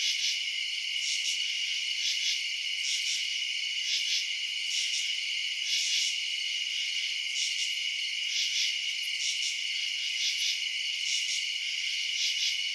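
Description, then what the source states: Crickets chirping: a steady high shrill drone overlaid by brighter pulses that swell repeatedly, continuing evenly throughout. Crickets chirping at night in residential suburbs.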